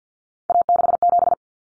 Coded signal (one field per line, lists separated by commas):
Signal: Morse code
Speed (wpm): 50 wpm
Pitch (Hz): 700 Hz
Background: none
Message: A67